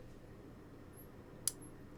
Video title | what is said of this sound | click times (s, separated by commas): Their Most Impressive Design Yet!! | and then a nice click | 1.5 s